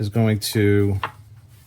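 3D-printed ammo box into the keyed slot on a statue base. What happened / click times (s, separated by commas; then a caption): The plastic part is handled but has not clicked into place yet / none. A 3D-printed ammo box is handled at its keyed slot in the back of a statue base; it only fits because the inside of the key was sanded down after the printed part swelled. Someone talks for the first second, then only faint low background noise remains. Nothing has seated or clicked yet.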